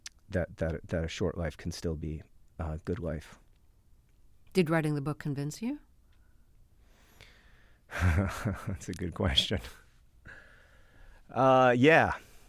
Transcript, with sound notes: that a short life can still be a good life.
Did writing the book convince you?
(Laughter) That's a good question. Yeah,